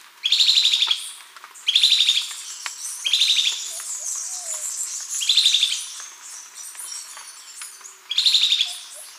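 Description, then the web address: Tyrannine Woodcreeper calling with short harsh buzzy notes, five bursts spaced irregularly about one and a half to three seconds apart, over a soft high hiss. Recorded in Ecuador. "S America Birds of Ecuador. Tyrannine Woodcreeper"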